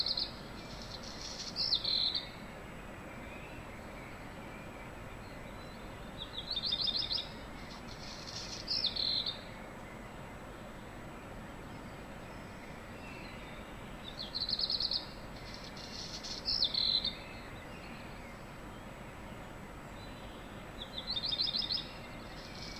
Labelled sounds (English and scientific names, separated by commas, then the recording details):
Black Redstart (Phoenicurus ochruros)
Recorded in the wild
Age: adult
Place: Untertweng, AT
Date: 1972-05-14
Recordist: Brunner, Thomas